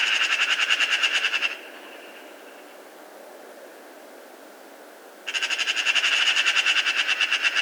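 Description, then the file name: Eurasian magpie rattling in two loud bursts of rapid, scratchy notes, separated by several seconds of near silence. "Pica pica"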